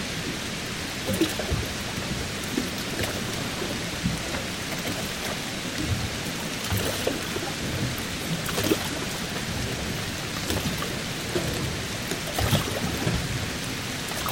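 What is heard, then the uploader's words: Rain falls steadily on the water of a marina, a dense, even hiss with small drips and splashes. Soft low knocks and lapping sounds come through irregularly, with slightly louder splashes around the second, seventh, ninth and twelfth seconds. Rainy Marina Ambience. Rain patters steadily on the calm, lapping waters of the marina. Boats rock gently in the breeze. Rain on the Harbor.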